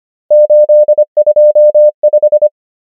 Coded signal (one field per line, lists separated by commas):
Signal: Morse code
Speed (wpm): 25 wpm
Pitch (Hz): 600 Hz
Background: none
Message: 8 2 5